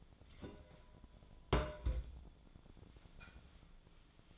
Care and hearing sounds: daily activity, microphone in the room; place on stove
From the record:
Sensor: 5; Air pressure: 1010.0 hPa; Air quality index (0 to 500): 152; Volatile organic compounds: 3 ppm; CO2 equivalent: 1483 ppm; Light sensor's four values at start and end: 257/613/264/294 and 254/613/262/290

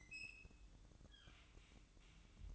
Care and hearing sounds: daily activity, microphone in the room; open fridge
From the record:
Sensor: 3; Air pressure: 1007.7 hPa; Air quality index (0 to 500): 73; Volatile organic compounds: 1 ppm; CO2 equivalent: 650 ppm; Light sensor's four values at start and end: 12/28/12/12 and 12/28/12/12

